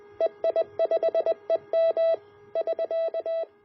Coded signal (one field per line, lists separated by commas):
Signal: Morse code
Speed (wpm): 20 wpm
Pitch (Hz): 660 Hz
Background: none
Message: EI5EM <SK>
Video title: Building the EGV-9B QRP CW Transceiver Kit